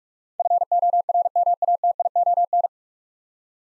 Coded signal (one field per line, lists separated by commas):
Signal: Morse code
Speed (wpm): 42 wpm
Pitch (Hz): 700 Hz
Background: none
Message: FORMATION